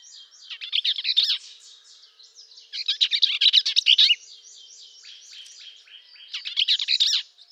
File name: Bell's vireo